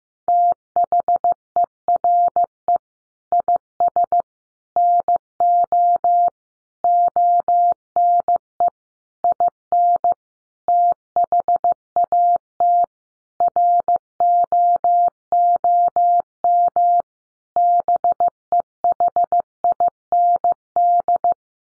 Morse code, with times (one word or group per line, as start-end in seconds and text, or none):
0.3-2.8 THERE
3.3-4.2 IS
4.8-6.3 NO
6.8-8.7 ONE
9.2-10.1 IN
10.7-12.8 THAT
13.4-17.0 ROOM
17.6-21.3 BEHIND